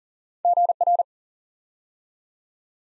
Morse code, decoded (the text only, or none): GR